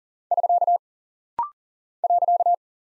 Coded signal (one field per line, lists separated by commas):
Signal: Morse code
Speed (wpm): 38 wpm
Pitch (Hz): 700 Hz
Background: none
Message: <SK> .